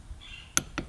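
A click-type torque wrench tightens a brake caliper bolt on a 2017 Suzuki GSX-R1000R and gives its double click at the torque setting, with sharp clicks at 0.6 s and 0.8 s. The first click is louder. A faint high tone is heard before them, and the bolt is confirmed at the specified torque.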